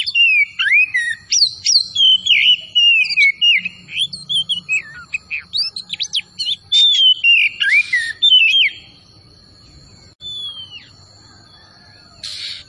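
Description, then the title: Oriental magpie-robin song: fast, varied whistled phrases with rising and falling slurs for about nine seconds, then near silence and one brief burst. Called kacer Tretes; singing vigorously (gacor). "Kacer Tretes Gacor"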